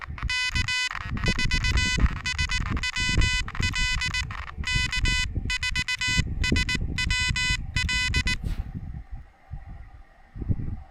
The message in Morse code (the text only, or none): K4SWL K4SWL